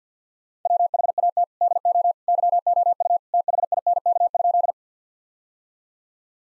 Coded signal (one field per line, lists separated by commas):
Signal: Morse code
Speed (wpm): 50 wpm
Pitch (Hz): 700 Hz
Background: none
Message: WHAT DO YOU THINK?